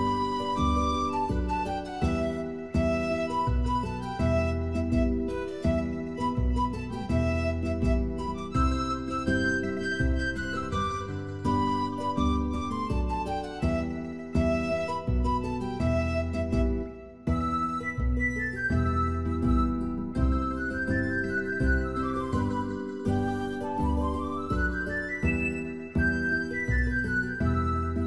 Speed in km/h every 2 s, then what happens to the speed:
70, 69, 68, 69, 67, 64, 55, 48, 44, 42, 39, 37, 36, 36.
0-7 steady at about 69. 7-28 slows to 36.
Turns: none.